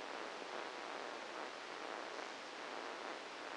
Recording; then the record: brain microelectrode recording played as sound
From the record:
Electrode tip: inside the subthalamic nucleus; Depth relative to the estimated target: 0 mm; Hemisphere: left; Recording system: NeuroSet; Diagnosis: Parkinson's disease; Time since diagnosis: 8 years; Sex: male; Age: 59 years